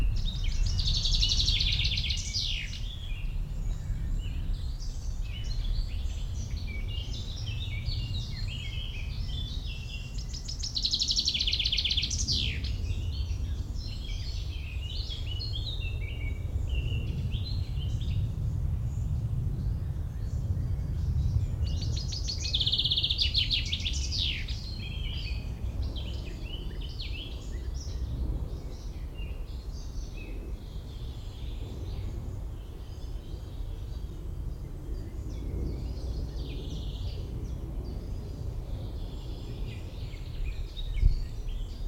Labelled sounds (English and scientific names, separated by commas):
Common Chaffinch (Fringilla coelebs)